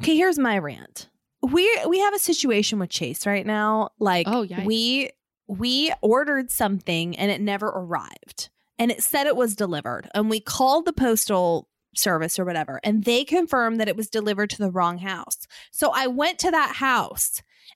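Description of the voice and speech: An adult woman speaks fluently and clearly in a casual, animated tone, with ordinary voice and natural pauses.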